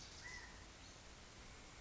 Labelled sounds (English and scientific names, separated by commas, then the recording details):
California Quail (Callipepla californica)
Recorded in Sonoma County, California